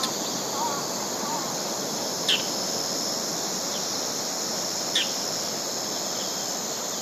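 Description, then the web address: Bull-headed shrike giving two sharp, high calls a few seconds apart against constant background hiss. Izumi. "izumino saunndo mozu"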